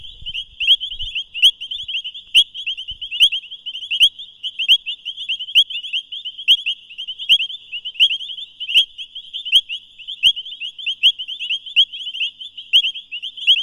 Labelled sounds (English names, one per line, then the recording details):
Painted Reed Frog call
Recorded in the wild
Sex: male
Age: adult
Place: Camp Satara, Krüger Nationalpark, ZA
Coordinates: -24.4, 31.78
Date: 1996-01-12 22:19
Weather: 26°C, Luftfeuchtigkeit 60%
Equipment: Sony TCD-D3 (Longplay), Sennheiser ME 80, K 30 AV
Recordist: Gutsche, Alexander